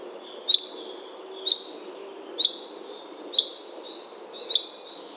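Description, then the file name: Common chaffinch giving short sharp high calls, each with a brief descending tail, repeated about once a second; five calls over a faint low background hum. "Fringilla coelebs"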